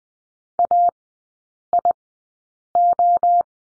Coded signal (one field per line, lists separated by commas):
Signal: Morse code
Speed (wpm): 20 wpm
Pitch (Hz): 700 Hz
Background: none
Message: AIO